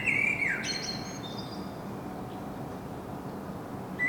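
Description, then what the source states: Common blackbird giving a short fluty phrase with a high scratchy ending, then a quiet pause before another phrase begins, over continuous low urban rumble. Singing in Saint-Gilles, Belgium; recorded with a Sony PCM-M10 internal microphone.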